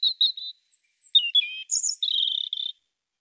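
European robin singing a quick sequence of varied high notes: short chirps, a thin drawn-out whistle, slurred descending notes, then a fast trill.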